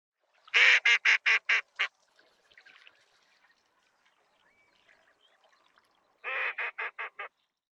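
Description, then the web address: Falcated duck giving a rapid burst of six short nasal calls, a quieter pause with faint chatter, then another series of five calls. "yoshigamo"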